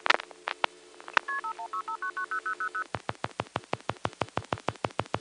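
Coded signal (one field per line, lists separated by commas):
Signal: multi-frequency trunk signalling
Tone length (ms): 100 ms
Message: KP5165990000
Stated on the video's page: Old telephone network recording from an NX1 crossbar exchange in Greenville NC.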